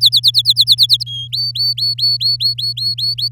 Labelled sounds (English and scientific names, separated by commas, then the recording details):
Domestic Canary (Serinus canaria) song
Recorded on 8 May 2018 at 05:51
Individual llb16